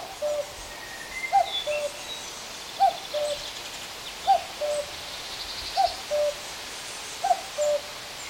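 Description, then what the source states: Common cuckoo singing its two-note cuck-oo, the second note lower, repeated about every one and a half seconds, with faint high whistles from other birds. Cuckoo flying toward the recordist over English water meadows, 2022.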